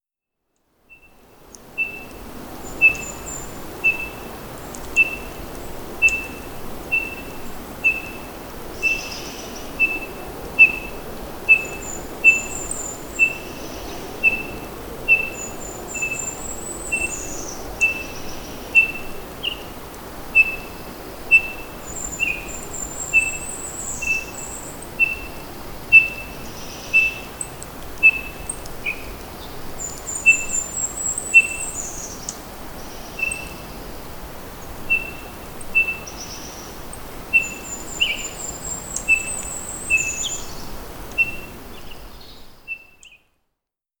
Townsend's Solitaire call recorded on the Hollowell Park Trail in Rocky Mountain National Park. Note that a Golden Crowned Kinglet can be heard in the background.